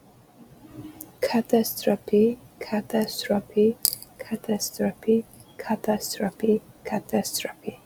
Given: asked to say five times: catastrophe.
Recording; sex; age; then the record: repeated word; female; 20 to 29 years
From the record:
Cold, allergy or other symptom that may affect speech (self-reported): no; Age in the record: 29 years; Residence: Indiana, United States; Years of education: 16